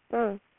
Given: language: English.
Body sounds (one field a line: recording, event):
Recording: throat vibration sensor signal played as sound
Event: speech